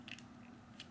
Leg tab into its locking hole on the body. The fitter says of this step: locked in not going nowhere